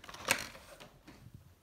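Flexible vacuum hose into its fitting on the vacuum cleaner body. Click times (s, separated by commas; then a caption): 0.3 s. A new replacement flexible hose is pushed onto its fitting on the body of a Dyson DC40/DC40 ERP/DC41/Cinetic stick vacuum cleaner. Light handling clicks and rattles lead up to a sharp, bright mechanical click at 0.3 s, followed by a few quieter knocks. The hose is seated in place.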